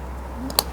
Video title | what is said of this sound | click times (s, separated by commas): Jeep LED headlights, should you get them? | there you go so this is locked in just like the original | 0.6 s